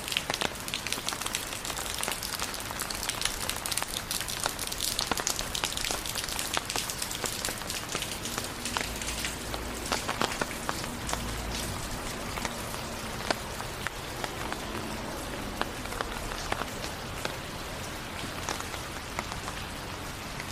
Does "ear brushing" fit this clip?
no